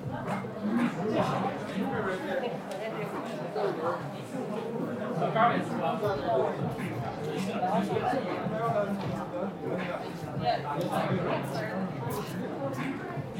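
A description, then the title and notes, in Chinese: A busy electronics store in the evening, filled with a dense, continuous murmur of many overlapping voices. The crowd noise stays steady throughout, with occasional clearer phrases, a man's voice among them, and faint clicks and taps rising above the indoor hum. 晚上八点的Apple店｜城市声音。北京三里屯。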